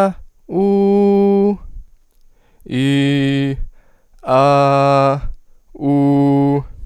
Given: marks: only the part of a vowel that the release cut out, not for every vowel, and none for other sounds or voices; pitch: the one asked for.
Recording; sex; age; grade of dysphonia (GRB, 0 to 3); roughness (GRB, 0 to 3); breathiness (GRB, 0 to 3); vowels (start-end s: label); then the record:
sustained vowels; male; 18 to 19 years; 0; 0; 0
0.68-1.44 s: vowel /u/, high pitch
2.80-3.46 s: vowel /i/, low pitch
4.40-5.09 s: vowel /a/, low pitch
5.91-6.51 s: vowel /u/, low pitch
From the record:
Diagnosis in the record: healthy voice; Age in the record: 19 years